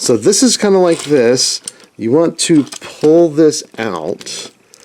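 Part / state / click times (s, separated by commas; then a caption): plastic transformation part snapping into a transforming robot toy / not seated / none. Someone talks while handling a plastic transformation part of a transforming robot toy during the final transformation step, pulling it out, with a few faint light plastic taps near the end. Nothing has seated or clicked yet.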